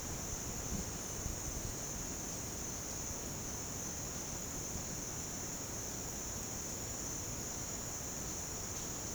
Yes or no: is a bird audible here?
no